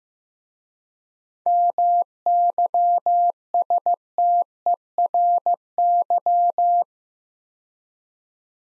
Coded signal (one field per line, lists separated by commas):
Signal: Morse code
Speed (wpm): 15 wpm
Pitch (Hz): 700 Hz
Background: none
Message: MYSTERY